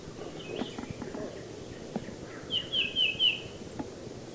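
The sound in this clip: Tufted titmouse giving four clear, slightly descending notes in quick succession, after soft scattered clicks and faint bird notes against low background noise.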